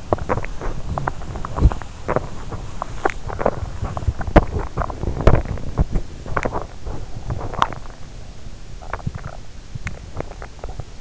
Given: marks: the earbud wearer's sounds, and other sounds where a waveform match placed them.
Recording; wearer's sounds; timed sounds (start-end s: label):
sounds in sleep by an in-ear microphone; teeth grinding
0.00-11.01 s: teeth grinding